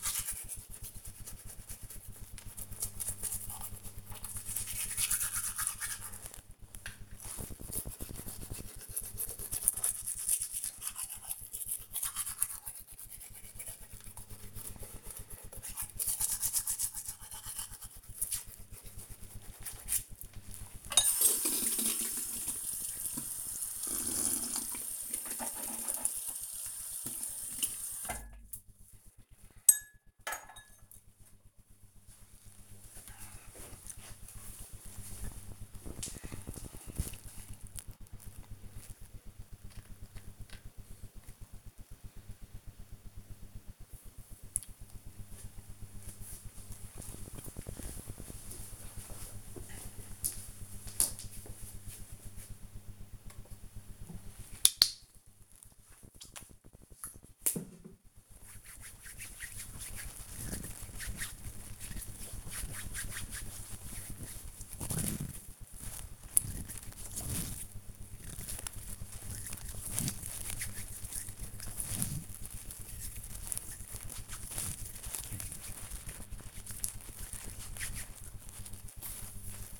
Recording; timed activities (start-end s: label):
household activities, microphone on the right wrist
0.00-31.30 s: brushing teeth
52.39-78.50 s: disinfecting hands